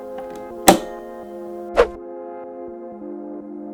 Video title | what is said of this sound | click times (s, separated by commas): Hasselblad 500C/M Overview: How to Use a Hasselblad 500CM Film Camera | and you'll hear a click noise like so | 0.7 s